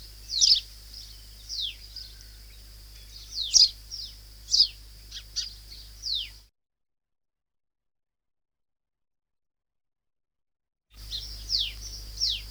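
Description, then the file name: White-eye giving sharp, high descending calls in irregular bursts, then a silent gap before more calls resume, with a steady low hum behind. "suara panggilan burung kacamata perak. omkicau"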